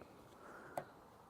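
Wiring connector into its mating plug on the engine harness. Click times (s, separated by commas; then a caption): 0.8 s. A wiring harness connector on an Audi 90 B2 Turbo is pressed further home into its mating plug on the engine harness. It seats with a sharp click at 0.8 s over a quiet background, and the connector is confirmed connected. No one talks during the clip.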